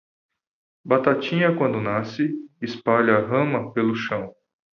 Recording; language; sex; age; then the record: short text; Brazilian Portuguese; male; 40 to 49 years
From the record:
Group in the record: control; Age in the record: 44 years